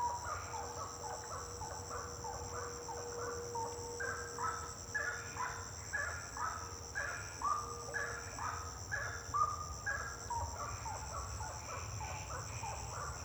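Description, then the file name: Bird notes in a dense stream of short calls, with a steady low hum and a high drone. Birds singing at night, intense song. "Passaros cantando a noite canto intenso"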